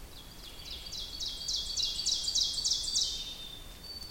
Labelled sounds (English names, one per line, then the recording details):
Ovenbird song
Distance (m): 50 m
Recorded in boreal forest in Alberta, Canada, on 2 June 2016 at 07:16
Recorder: SongMeter 3, array SBT-3-7
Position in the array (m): 138 m, 135 m
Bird 8